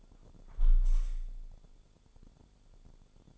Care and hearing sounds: daily activity, microphone in the room; close window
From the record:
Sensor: 5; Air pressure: 1015.0 hPa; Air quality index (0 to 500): 107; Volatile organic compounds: 2 ppm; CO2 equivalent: 1152 ppm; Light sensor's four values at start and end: 35/81/33/31 and 35/81/33/31

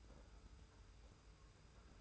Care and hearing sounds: daily activity, microphone in the room; take from stove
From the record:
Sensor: 2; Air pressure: 991.0 hPa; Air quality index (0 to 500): 110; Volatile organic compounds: 48 ppm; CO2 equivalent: 3270 ppm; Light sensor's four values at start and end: 34/102/40/38 and 34/102/40/38

